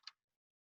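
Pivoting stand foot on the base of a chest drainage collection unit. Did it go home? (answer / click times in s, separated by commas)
yes / 0.1 s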